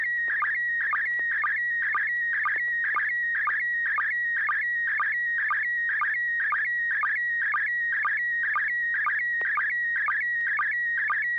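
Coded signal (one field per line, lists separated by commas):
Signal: SSTV (slow-scan television)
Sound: steady whistling tone with rhythmic warbling chirps and low sync blips about twice a second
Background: low steady hum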